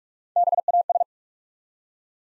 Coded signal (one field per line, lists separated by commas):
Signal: Morse code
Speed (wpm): 44 wpm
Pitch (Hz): 700 Hz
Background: none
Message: BAS